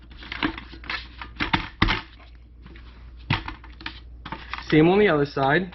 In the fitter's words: on here this these bars right there can you see them they get popped into place on each side